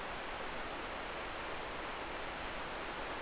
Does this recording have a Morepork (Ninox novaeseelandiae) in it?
no